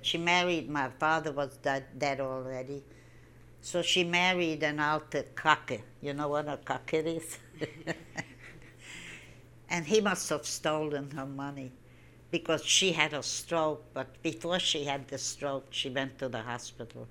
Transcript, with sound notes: She married --my father was dead already --so she married an alte cocket. You know what a cocket is? (She laughs.) And he must have stolen her money, because she had a stroke, but before she had the stroke, she went to the hospital.